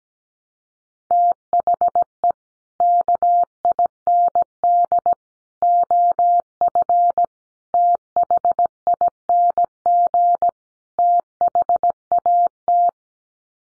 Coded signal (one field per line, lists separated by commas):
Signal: Morse code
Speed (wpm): 17 wpm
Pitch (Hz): 700 Hz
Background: none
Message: THE KIND OF THING THAT